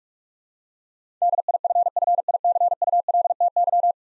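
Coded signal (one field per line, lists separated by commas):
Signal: Morse code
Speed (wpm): 44 wpm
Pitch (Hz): 700 Hz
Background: none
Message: DIFFICULTY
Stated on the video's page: Morse practice drill of ten-letter words sent at 45 wpm, each word sent twice.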